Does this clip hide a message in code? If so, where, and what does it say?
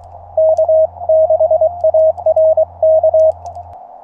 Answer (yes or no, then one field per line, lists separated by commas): yes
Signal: Morse code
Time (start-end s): 0.4-3.3 s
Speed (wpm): 23 wpm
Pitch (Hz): 640 Hz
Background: none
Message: K6ARK